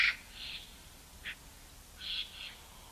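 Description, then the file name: Eurasian magpie calls, short harsh bursts scattered across three seconds, two in quick succession near the end, over a quiet background. "Pica pica"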